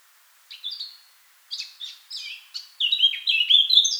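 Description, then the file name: Eurasian blackcap song: a few quiet, hesitant warbled notes with pauses, then a sudden burst of loud, fluting whistles. "Sylvia atricapilla"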